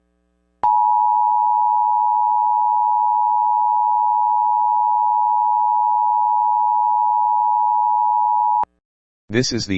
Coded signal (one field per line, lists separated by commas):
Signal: Emergency Alert System (SAME) tones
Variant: 853 and 960 Hz attention tone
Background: speech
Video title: EAS MOCK 47- AMBER ALERT FOR ILLINOIS AND INDIANA